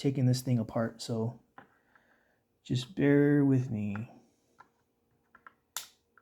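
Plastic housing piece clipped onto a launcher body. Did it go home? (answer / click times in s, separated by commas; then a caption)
released / 5.8 s. While someone carefully pries up part of the plastic housing clipped onto a home-defense launcher body during disassembly, someone talks, then faint scrapes and small ticks follow. A sharp click at 5.8 s marks the housing clip snapping free, releasing the piece so it can come off.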